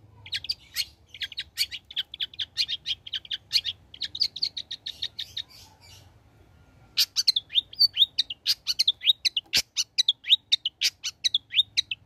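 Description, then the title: Long-tailed shrike song: rapid bursts of sharp, chirpy notes repeated in quick series, a pause of about a second after midway, then denser, louder chattering notes. Prolific singer (gacor) presented as masteran material for training songbirds to learn its song. "Cendet Gacor Cocok Untuk Masteran"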